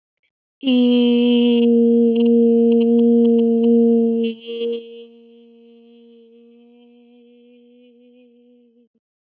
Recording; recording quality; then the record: sustained vowel as in made; excellent, no background noise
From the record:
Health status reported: healthy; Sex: female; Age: 25 years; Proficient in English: yes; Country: India